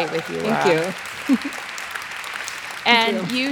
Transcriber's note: applause